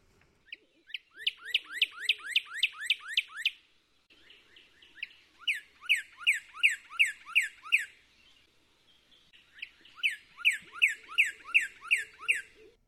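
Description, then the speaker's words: Northern Cardinal song, bright slurred whistles repeated rapidly in three long phrases. Several cardinals calling back and forth. "Let's listen to the song of the Northern Cardinal."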